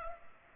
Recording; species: mosquito wingbeat signal from an infrared sensor; Culex pipiens